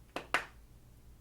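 The plastic inner sealing lid of a Sulwhasoo cushion-foundation compact is pressed shut so the product does not dry out. A softer tap at 0.2 s is followed by a sharper, louder click at 0.3 s. The click confirms the seal has closed.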